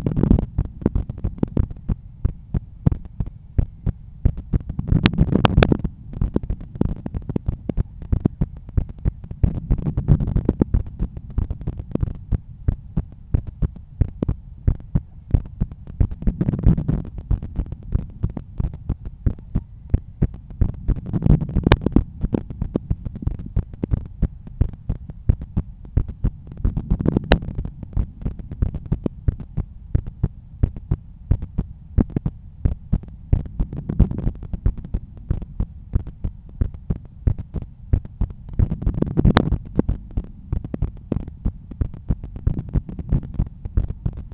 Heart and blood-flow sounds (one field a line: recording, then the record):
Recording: heart sounds by stethoscope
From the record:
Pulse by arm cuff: 85 bpm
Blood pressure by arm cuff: 124/80 mmHg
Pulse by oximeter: 95 bpm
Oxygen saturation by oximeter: 97%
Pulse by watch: 95 bpm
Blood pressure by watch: 130/84 mmHg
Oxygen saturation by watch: 97%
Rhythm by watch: sinus rhythm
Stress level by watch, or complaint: low stress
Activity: after breakfast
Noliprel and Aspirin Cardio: after pills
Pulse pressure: 44 mmHg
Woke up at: 7:20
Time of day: 9:53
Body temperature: 36.4 C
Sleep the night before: 8 h 11 min, score 61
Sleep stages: REM 22%, light 68%, deep 3%, awake 7%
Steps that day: 9500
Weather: sunny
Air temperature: 20.6 C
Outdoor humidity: 75%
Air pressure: 1015 hPa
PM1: 9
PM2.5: 13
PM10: 16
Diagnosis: hypertension, treated with Noliprel and Aspirin Cardio 100 mg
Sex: male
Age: 53 years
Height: 174 cm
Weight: 81 kg